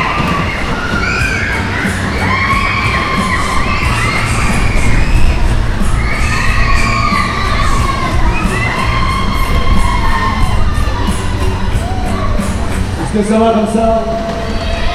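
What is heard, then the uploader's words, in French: At the Troyes March fair, by the "Le Tourbillon" ride, a crowd of children shouts and screams almost without pause over a dense, steady rumble. Rising and falling cries overlap throughout, swelling slightly around the middle, with a few shorter, higher calls near the end. Les Foires de Mars à Troyes, manège "Le Tourbillon".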